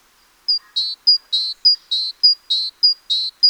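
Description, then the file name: Great tit calling: a sharp high whistled note, then a lower buzzy note, the pair repeated about five times in steady rhythm, ending on one more high note. "Parus major"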